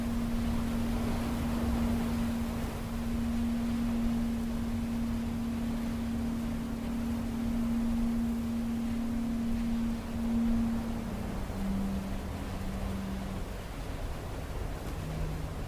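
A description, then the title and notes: A steady low hum, like an engine, holds one pitch for about ten seconds, then steps down twice toward the end. Beneath it, a dense rumbling wash and a faint hiss carry on evenly at a constant level throughout. Waiting out the Storm: ambient soundscape.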